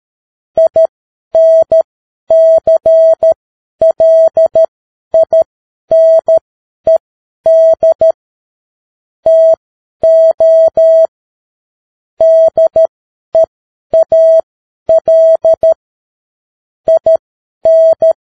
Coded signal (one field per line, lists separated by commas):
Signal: Morse code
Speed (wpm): 13 wpm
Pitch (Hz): 650 Hz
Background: none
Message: INCLINED TO DEAL IN